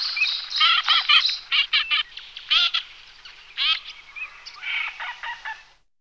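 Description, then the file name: Eurasian teal calling: dense, overlapping harsh chatter and short whistled notes in irregular bursts, fading out at the end. "Cirka obecna Anas crecca"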